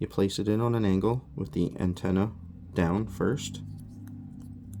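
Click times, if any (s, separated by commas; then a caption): 4.7 s. A small round display circuit board for a Bigtreetech Knomi is tilted in, antenna end first, and pressed into the plastic printer-head display housing while someone talks. After a few faint taps near the end, a sharp click at 4.7 seconds marks the board popping into place, seated in the housing.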